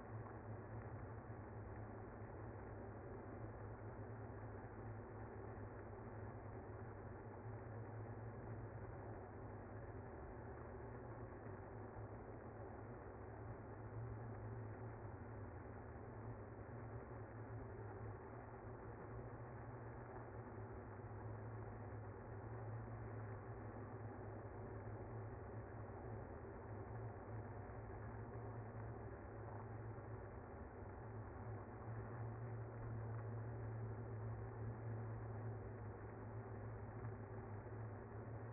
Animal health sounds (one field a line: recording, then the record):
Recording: honeybee colony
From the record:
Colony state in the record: active